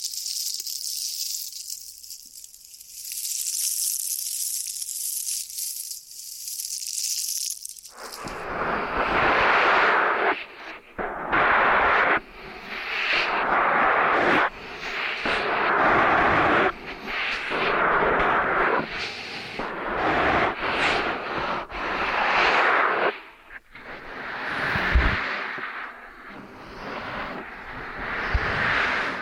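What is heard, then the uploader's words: Ear cleaning and kinetic sand sounds. For the first eight seconds there is only a thin, high hiss. Then dense crunching, scraping bursts take over, coming in rough waves every second or two, with brief pauses and a sharp thump near twenty-five seconds. ASMR Intense Ear Stimulation Ear Cleaning, Kinetic Sand, Piercing Sounds (No Talking).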